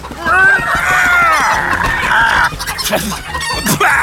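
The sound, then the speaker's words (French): A flock of hens at a henhouse clucks and squawks loudly and continuously while pelting a wolf with feathers, their overlapping calls forming a busy, shrill jumble with a few sharper, higher squawks rising out near the end. “Puis le loup a été bombardé de plumes par les poules.”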